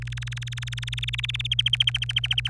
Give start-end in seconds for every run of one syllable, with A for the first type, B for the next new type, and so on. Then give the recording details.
0.02-1.42 A, 1.45-2.49 B. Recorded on 26 April 2018 at 12:16. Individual llb3